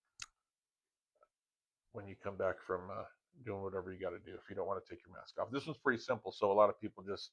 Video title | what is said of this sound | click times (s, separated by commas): React Health CPAP Masks - Rio II Nasal Pillows | This comes right off with your tubing and then snaps back in | 0.2 s